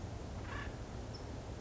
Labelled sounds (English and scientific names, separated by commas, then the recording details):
Acorn Woodpecker (Melanerpes formicivorus)
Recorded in Sonoma County, California